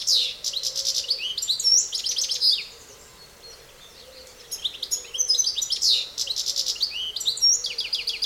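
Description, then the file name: European goldfinch giving rapid, liquid twittering phrases with tinkling and buzzy notes, a pause of about two seconds midway, then a fresh burst of chattering. "Carduelis carduelis"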